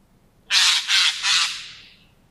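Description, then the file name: Eurasian Jay giving a harsh, rasping screech in three quick pulses, the last trailing off, with nothing else heard. "Garrulus glandarius"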